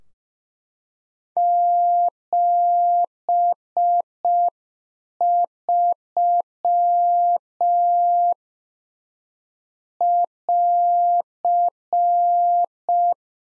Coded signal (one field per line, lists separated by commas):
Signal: Morse code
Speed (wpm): 5 wpm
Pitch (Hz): 700 Hz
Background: none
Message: 73 <AR>